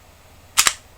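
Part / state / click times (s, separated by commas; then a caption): pistol slide onto frame rails / seated / 0.7 s. The slide of a Smith & Wesson SW99 pistol is pushed all the way back along the frame's four rails. A brief metallic burst near 0.6 s leads into a single sharp click at 0.67 s. The slide locks in place on the frame.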